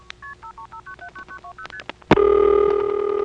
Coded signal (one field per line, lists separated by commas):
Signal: multi-frequency trunk signalling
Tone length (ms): 90 ms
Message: KP535979920ST